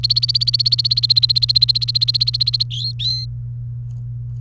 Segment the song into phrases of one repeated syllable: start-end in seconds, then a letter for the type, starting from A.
0.00-2.63 A, 2.71-3.25 B